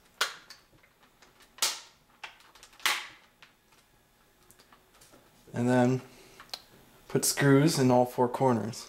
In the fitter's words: Press along the edges so it snaps in. You hear the snaps.